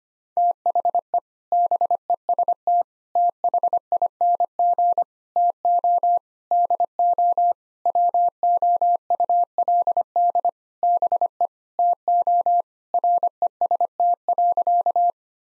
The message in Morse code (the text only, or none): THE BEST THING TO DO WOULD BE TO REST.